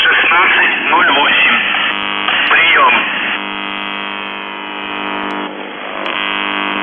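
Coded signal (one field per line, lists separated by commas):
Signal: numbers station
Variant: UVB-76 (The Buzzer)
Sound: voice speaking over a steady buzzing drone, then drone continues alone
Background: radio static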